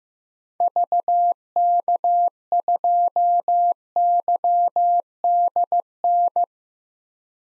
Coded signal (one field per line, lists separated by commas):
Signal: Morse code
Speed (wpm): 15 wpm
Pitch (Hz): 700 Hz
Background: none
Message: VK2YDN